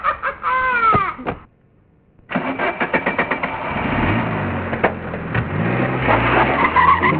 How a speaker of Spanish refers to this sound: Soy un carro muy lujoso y moderno, y lo que me encanta es hacer mucho ruido y contaminar.